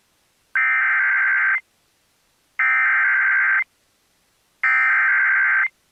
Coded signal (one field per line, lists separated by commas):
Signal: Emergency Alert System (SAME) tones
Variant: header bursts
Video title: MORE FLOODING YET AGAIN... EAS Alerts from 8/7/25 (EAS #6,163 - 6,178)